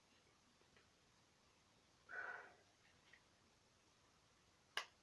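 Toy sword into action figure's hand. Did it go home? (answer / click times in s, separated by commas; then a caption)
yes / 4.8 s. A plastic toy sword is pushed into the plastic hand of a Transformers The Last Knight leader class Megatron action figure so it will stay put. A short scraping rustle around 2.1–2.5 seconds and a faint tick at 3.1 seconds come before a sharp, bright click at 4.8 seconds. The sword seats in the hand.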